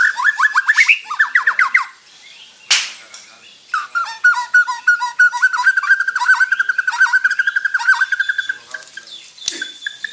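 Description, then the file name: White-rumped shama giving rapid repeated harsh notes in bursts, then a long stuttering rattle on a steady pitch with a few sharp clicks. Bornean white-rumped shama of the crowned (mahkota) variety, harsh call. "Suara kasar burung murai batu borneo mahkota"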